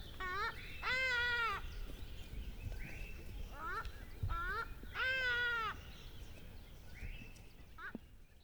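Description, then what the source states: Bird calls: two long nasal, harmonic-rich cries near the start and middle, with shorter clipped notes between and after them, over a low rumbling background. A bird calling as it passes by.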